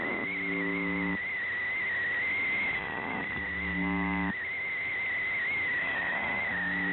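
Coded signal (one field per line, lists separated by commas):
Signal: channel marker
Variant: UVB-76 (The Buzzer)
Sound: three roughly one-second low harsh buzzes under a steady, wobbling high whistle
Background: radio static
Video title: увб 76 какой-то свист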